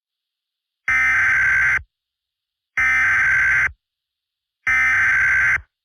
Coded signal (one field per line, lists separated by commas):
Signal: Emergency Alert System (SAME) tones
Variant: header bursts